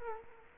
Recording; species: mosquito wingbeat signal from an infrared sensor; Culex quinquefasciatus